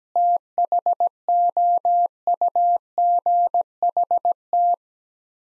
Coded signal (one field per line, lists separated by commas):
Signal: Morse code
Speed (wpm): 17 wpm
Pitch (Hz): 700 Hz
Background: none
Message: THOUGHT